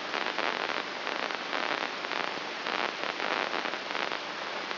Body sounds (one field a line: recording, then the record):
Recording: brain microelectrode recording played as sound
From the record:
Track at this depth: inside the subthalamic nucleus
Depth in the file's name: 3.818 mm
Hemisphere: left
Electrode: 3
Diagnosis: Parkinson's disease